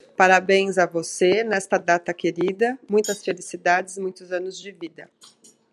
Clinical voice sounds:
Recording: short text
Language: Brazilian Portuguese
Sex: female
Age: 40 to 49 years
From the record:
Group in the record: control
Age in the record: 47 years

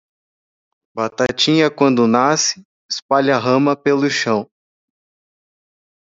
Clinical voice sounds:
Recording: short text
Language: Brazilian Portuguese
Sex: male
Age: 20 to 29 years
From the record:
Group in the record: control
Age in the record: 27 years

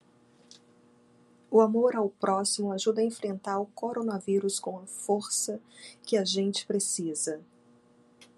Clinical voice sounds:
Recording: spoken sentence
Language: Brazilian Portuguese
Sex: female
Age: 40 to 49 years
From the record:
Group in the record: control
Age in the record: 40 years

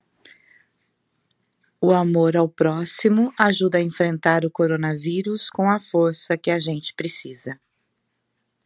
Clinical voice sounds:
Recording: spoken sentence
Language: Brazilian Portuguese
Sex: female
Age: 60 to 69 years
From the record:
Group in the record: control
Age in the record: 61 years

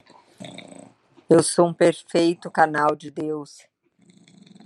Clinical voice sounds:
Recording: short text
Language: Brazilian Portuguese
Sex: female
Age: 40 to 49 years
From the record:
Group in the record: control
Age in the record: 43 years

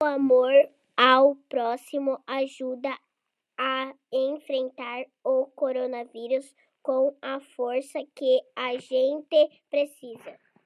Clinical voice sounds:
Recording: spoken sentence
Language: Brazilian Portuguese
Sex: female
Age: 30 to 39 years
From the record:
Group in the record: control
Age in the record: 36 years

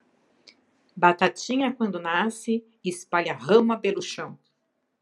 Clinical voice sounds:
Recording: short text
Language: Brazilian Portuguese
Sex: female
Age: 50 to 59 years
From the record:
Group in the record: control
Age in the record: 53 years

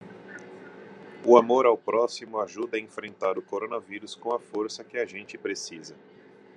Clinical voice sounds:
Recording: spoken sentence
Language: Brazilian Portuguese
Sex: male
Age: 30 to 39 years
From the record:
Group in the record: control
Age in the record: 35 years

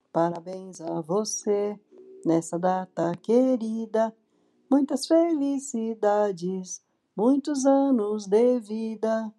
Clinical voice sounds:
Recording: short text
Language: Brazilian Portuguese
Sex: female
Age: 60 to 69 years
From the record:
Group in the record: control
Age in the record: 62 years

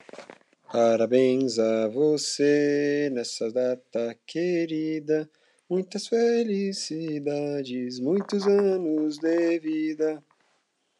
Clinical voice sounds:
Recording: short text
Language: Brazilian Portuguese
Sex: male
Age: 30 to 39 years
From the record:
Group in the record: control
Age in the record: 39 years

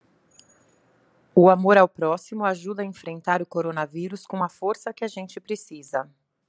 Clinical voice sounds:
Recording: spoken sentence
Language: Brazilian Portuguese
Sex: female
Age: 30 to 39 years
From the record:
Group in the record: control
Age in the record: 37 years

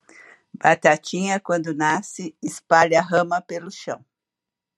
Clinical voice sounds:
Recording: short text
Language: Brazilian Portuguese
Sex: female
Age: 60 to 69 years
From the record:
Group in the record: control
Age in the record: 62 years

